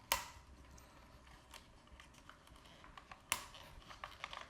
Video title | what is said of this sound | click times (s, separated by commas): InstallationVideo of Tesla Yoke0 | make sure you hear a clicking noise okay | 0.1 s, 3.3 s